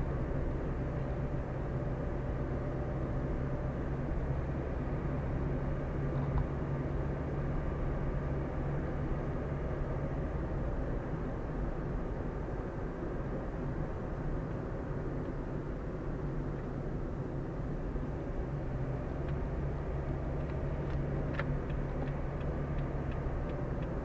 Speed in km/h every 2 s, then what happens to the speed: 45, 45, 46, 47, 48, 48, 47, 44, 40, 40, 43, 46.
0-11 steady at about 46. 11-18 slows to 40. 18-24 speeds up to 46.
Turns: none.